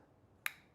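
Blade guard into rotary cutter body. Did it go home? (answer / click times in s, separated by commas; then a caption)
yes / 0.5 s. A rotary cutter's safety guard is pulled down, then pushed back up over the blade until it snaps into place on the cutter body. A single sharp, bright snap lands at 0.5 s against quiet background noise, confirming that the blade guard has seated and the blade is covered.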